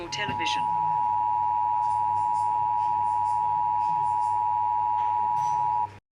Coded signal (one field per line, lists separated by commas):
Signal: Emergency Alert System (SAME) tones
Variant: 853 and 960 Hz attention tone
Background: speech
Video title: Rating EAS Alarms Part 10: More alarms